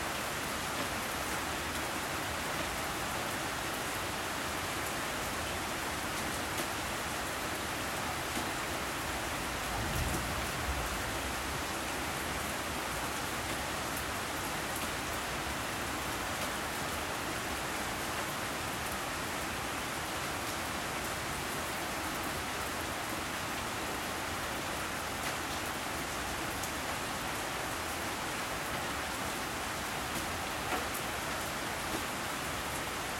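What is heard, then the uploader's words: Rain falls steadily throughout, a dense, even hiss that stays constant from start to finish. Around ten seconds a brief low thump rises out of the wash, then the downpour continues unchanged with no other sounds breaking through. Rainy day. Rain, thunder and nature sounds.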